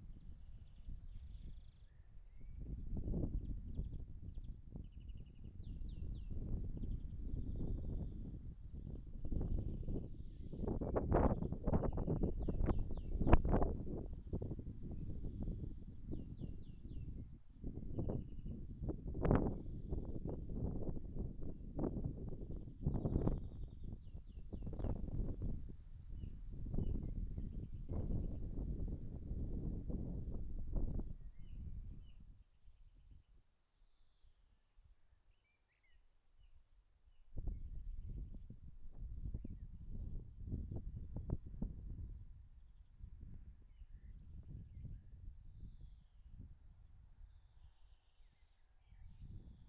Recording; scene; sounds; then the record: everyday scene through a hearing-aid microphone; wind on the microphone; wind, birds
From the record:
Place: in front of a rural house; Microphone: behind the ear, left, rear